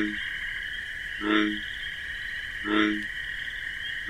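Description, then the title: Bullfrog croaking, low resonant calls repeating steadily, two full croaks plus partial ones at the edges, under a persistent cricket trill. Wetland at night with marsh grasses; the bullfrog's deep bass 'jug-o-rum' call, like a sonorous heartbeat, over pulsating, persistent cricket chirping. "Bullfrog Sound. The Wondrous Wetlands"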